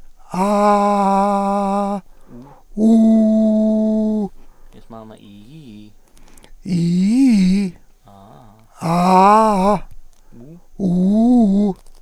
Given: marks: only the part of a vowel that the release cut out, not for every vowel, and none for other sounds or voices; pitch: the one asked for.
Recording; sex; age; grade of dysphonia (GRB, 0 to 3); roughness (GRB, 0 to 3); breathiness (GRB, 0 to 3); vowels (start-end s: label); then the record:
sustained vowels; male; 60 to 69 years; 3; 2; 3
0.81-1.82 s: vowel /a/, high pitch
2.99-3.97 s: vowel /u/, high pitch
10.85-11.67 s: vowel /u/, low-high-low pitch
From the record:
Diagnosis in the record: recurrent laryngeal nerve paralysis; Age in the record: 65 years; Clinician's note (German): Links, idiopathisch, unvollständige Kompensation